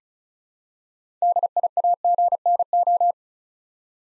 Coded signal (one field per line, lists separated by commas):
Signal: Morse code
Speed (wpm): 36 wpm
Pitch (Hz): 700 Hz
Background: none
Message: DIAGNO